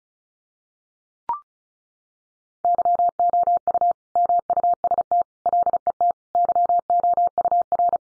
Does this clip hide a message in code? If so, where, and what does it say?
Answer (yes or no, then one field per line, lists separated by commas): yes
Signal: Morse code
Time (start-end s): 2.6-8.0 s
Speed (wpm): 34 wpm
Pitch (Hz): 700 Hz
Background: none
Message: YOU MUST LET YOUR